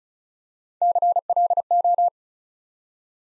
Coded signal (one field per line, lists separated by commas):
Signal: Morse code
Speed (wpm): 36 wpm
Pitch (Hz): 700 Hz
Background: none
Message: CLO